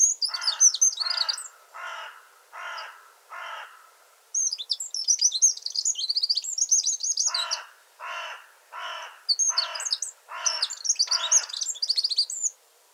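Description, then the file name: Eurasian wren song: rapid, high, jumbled trilling bursts that alternate with a lower, pulsed sound repeated in steady series. "Troglodytes troglodytes"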